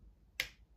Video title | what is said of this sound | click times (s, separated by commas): LENOVO LEGION 5P ,RAM , SSD, UPGRADE TUTORIAL!! | push it into the little click fold it down there's a little screw hole there | 0.4 s